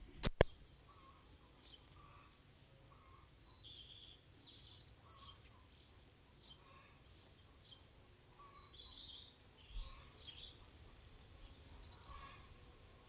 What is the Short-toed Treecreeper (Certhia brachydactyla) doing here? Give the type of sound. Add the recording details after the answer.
song. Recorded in the wild. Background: Gallus gallus f. domestica. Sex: male. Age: adult. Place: Schloß Holte-Stukenbrock, Senne, Nordrhein-Westfalen, DE. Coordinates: 51.8683, 8.6575. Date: 1968-05-23. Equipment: Uher 4000 Report-S, Bändchenmikro Beyer M 260, Parabolspiegel Polyester (470 mm). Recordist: Conrads, Klaus. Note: Hof Brock (Furlbach-Gebiet). Männchen: Gesang